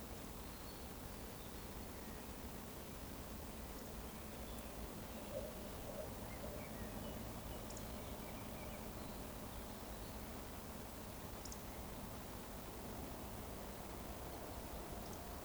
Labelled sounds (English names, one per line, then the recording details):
Eurasian Woodcock whistle
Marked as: whistle, whistle, whistle, whistle, whistle
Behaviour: display flight
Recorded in Baden-Württemberg, Germany, on 24 June 2020 at 19:27 UTC
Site 14569, 102 m above sea level